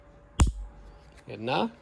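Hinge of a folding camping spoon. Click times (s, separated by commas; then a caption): 0.4 s. A folding camping spoon is unfolded up close, and its hinge snaps into the locked position with a sharp click at 0.4 s, the first click. Someone talks briefly afterward. The spoon joint is seated.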